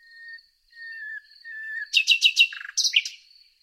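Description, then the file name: Common nightingale with several slow, drawn-out pure whistles followed abruptly by loud, rapid, throbbing repeated notes and a final scratchy flourish. "Luscinia megarhynchos"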